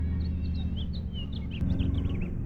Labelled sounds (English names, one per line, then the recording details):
House Finch song
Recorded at Valley Stream on Long Island, New York, on 17 June 1975
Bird A